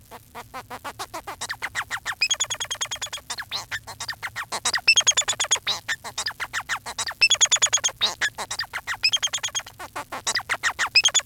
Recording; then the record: song of a male Bengalese finch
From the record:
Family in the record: son of father 4